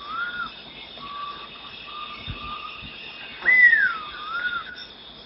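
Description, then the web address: Dusky-tailed flatbill giving level and wavering whistles, then a louder note that climbs and slides down, against a continuous insect buzz with a few low thumps. Recorded in Ecuador. "Birds of Ecuador. Dusky-tailed Flatbill"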